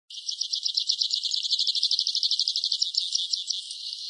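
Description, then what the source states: Northern pipit producing a steady, high, fast trill of evenly repeated notes lasting about four seconds. Bird call.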